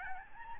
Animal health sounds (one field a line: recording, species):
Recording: mosquito wingbeat signal from an infrared sensor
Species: Aedes albopictus